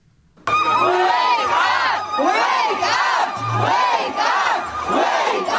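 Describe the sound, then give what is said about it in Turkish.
A large protest crowd at a climate summit shouts and boos together on the street, many voices rising and falling in loud, overlapping waves that continue without a break after a sudden start. “Hem gösteriden hem de şeyden öncelikle söylenmesi gereken bir şey varsa o da yuh ayıp utanım filan diye bağırıyorlar.”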